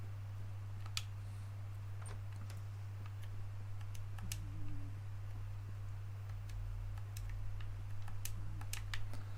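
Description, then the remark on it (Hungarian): Repeated computer keyboard key presses as the inventory key is pressed over and over, sharp irregular clicks scattered throughout with brief clusters, over a steady low electrical hum. “Azért nyomkodom folyamatosan egyébként az inventorit, mert hogy ugye itt van a bal felső sarokban ez a vicinity mutató, és legalább látom.”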